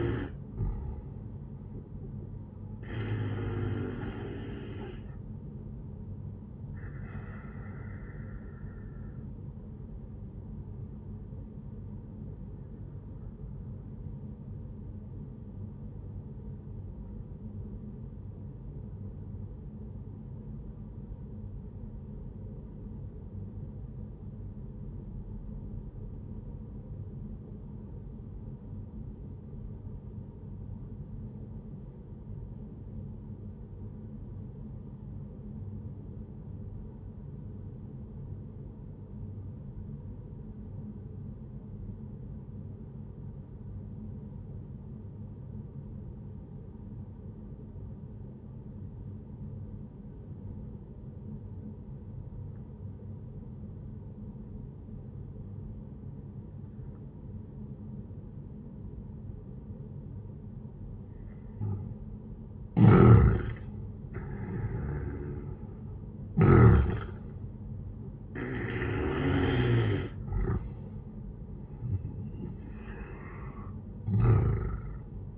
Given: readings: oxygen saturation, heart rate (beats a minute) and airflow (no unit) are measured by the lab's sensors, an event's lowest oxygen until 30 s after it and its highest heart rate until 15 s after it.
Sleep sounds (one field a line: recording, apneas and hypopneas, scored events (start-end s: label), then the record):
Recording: breathing in sleep by a smartphone at the bedside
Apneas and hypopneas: 1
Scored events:
12.00-61.80 s: obstructive apnea (N1, oxygen 97% highest, then 89% lowest, heart rate 63 at the start, 76 highest)
17.00-75.38 s: new sleep stage, N2 (light sleep)
From the record:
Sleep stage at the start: N1 (lightest sleep)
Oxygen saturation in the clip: 89 to 97%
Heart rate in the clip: 61 to 77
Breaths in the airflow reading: 5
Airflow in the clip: -8.9 to 15.8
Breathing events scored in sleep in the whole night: 131 in 7.2 hours asleep